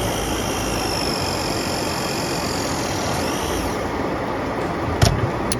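A PEX press fitting on the other side of a ZURN pressure reducing valve is pressed with a ProPress fitting. Under a steady broadband hum with faint high tones, two sharp clicks come at 5.0 s and 5.5 s. The fitting is seated with a secure seal.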